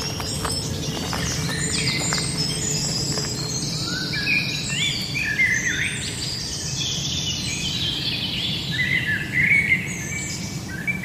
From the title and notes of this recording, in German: Ein Soundwalk am Ludwigsteich bei Roßdorf. Genauer gesagt handelt es sich um den Ludwigsteich bei Roßdorf, der an einem warmen Tag die Leichtigkeit des Sommers verkörpert.